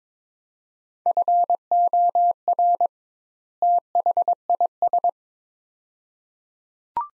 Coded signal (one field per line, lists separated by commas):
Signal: Morse code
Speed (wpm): 22 wpm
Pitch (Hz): 700 Hz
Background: none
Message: FOR THIS